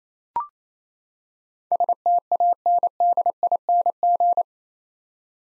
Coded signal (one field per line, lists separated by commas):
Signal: Morse code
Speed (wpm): 28 wpm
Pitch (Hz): 700 Hz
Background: none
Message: STANDING